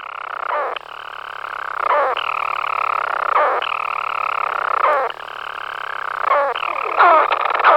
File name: buřňáček malý